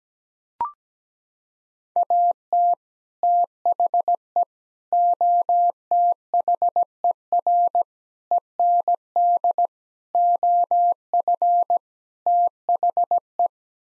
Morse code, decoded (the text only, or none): AT THE OTHER END OF THE